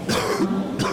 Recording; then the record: coughing mixed with background sound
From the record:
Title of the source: Coughing 46